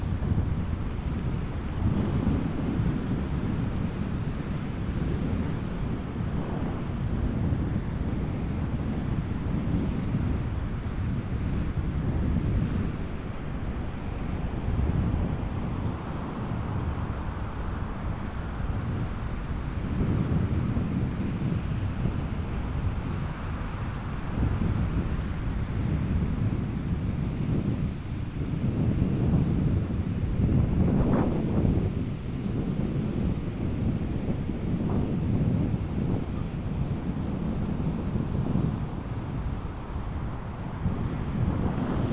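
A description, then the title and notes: A walk on a beach near Vik, Iceland, dominated by heavy wind buffeting and a deep, constant roar of surf. The rumble stays dense and low throughout, with gusts swelling and easing every few seconds and a brighter rush of wave wash around the half-minute mark. A walk on a beach in southern Iceland near Vik. Walk on beach near Vik, Iceland.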